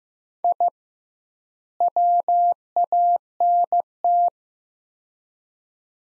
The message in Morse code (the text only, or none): I WANT